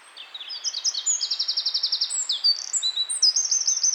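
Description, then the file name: Eurasian wren singing a loud, high, hurried song of sharp notes and machine-gun trills, running without pause for about four seconds. "Troglodytes troglodytes"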